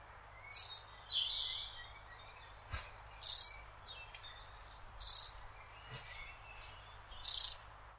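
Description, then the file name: Eurasian nuthatch giving several short, high, sharp calls at irregular intervals over a steady hiss of background noise. "Sitta europaea"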